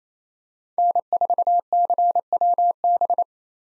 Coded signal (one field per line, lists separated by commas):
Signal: Morse code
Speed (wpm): 28 wpm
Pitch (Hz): 700 Hz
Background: none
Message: N4CWB